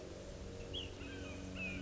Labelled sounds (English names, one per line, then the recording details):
Ash-throated Flycatcher
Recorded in Sonoma County, California